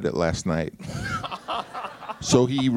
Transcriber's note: soundbite of laughter